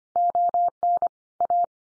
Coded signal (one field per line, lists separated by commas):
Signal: Morse code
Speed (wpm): 25 wpm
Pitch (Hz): 700 Hz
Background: none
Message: ON A